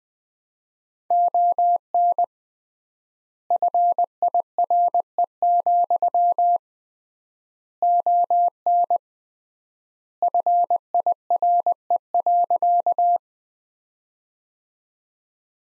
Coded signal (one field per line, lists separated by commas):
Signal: Morse code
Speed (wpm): 21 wpm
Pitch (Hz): 700 Hz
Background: none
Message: ON FIRE, ON FIRE.